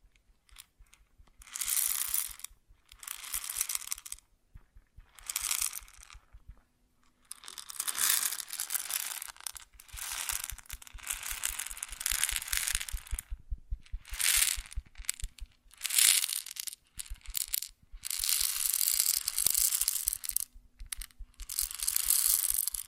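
Grain being poured or shaken in repeated bursts, each a dense, bright, gritty rush lasting one to three seconds, separated by short silences. The bursts come irregularly throughout, with longer sustained pours near 8–10 and 18–23 seconds, and a faint low hum between them.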